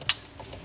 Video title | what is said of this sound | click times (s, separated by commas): How to Remove and Install a Kitchen Sink Faucet (Moen--Georgene 87912SRS) | As you can hear the snap. | 0.1 s